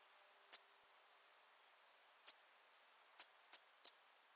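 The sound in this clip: California towhee giving sharp, high metallic chip notes, five in all, spaced irregularly with the last three coming close together; otherwise quiet.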